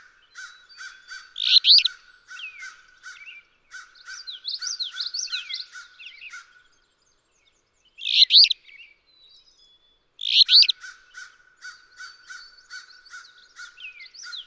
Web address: songs Alder Flycatcher